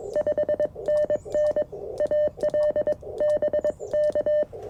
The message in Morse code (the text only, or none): 5NN AL BK